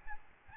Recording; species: mosquito wingbeat signal from an infrared sensor; Aedes albopictus